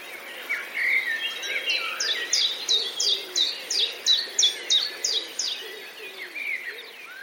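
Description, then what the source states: Common chiffchaff song: a steady series of high, sharp, down-slurred notes, about three each second, over softer twittering of other birds in the background. 8 May 2022.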